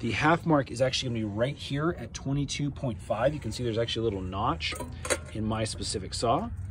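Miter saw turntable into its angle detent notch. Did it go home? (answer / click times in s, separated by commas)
no / none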